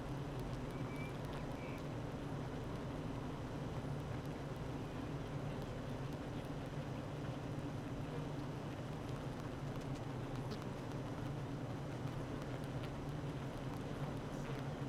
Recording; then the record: honeybee colony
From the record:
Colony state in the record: active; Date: 12 June 2018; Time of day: 8:59